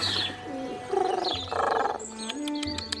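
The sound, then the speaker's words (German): A dove named Paloma coos in soft, low, rounded notes amid a busy backdrop of other birds chirping and twittering, with sharp high clicks near the end. “Da ist Paloma! Ach, mein Täubchen!”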